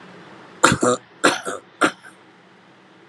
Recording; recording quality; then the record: shallow voluntary cough; excellent, no background noise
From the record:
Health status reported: healthy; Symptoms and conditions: none ticked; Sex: male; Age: 42 years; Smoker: yes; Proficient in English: yes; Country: India